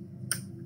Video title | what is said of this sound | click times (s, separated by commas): vlog-425 # test montre connecté. blabla... | se clipse c'est trop stylé franchement | 0.3 s